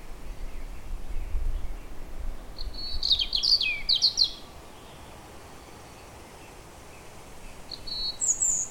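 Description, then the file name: European robin delivering one rapid high trilling, twittering phrase, then a short thin note near the end, over faint low rumble. "vorosbegy hangja"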